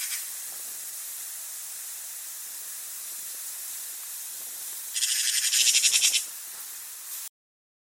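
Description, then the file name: Eurasian magpie chatter: one short burst of harsh, rapid rattling notes lasting about a second, set against constant background hiss. "pega pica pica"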